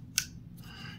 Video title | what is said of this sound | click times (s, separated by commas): 2024 ~ Case XX™ Barlow Green Kentucky Bluegrass Bone ~ TWO CASE EXCLUSIVE BARLOWS IN ONE VIDEO? YEP | you can hear that snap and he that snap so we'll take a little peek | 0.2 s